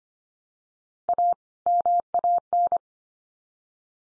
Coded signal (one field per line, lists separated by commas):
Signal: Morse code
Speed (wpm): 25 wpm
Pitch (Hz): 700 Hz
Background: none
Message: A MAN